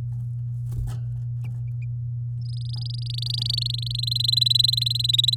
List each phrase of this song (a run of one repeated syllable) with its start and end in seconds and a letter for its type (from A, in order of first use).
2.41-3.92 A, 3.94-5.35 B